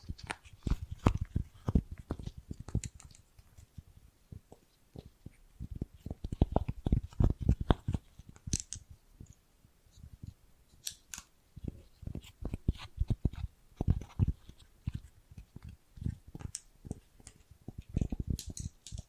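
Bracelets and jewelry boxes are handled in a dense run of short clicks and clacks, coming in irregular bursts almost without pause. Most hits are dull and low, with brighter metallic ticks scattered through. A brief lull falls around ten seconds before the clatter resumes.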